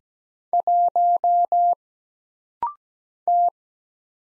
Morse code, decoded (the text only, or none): 1 T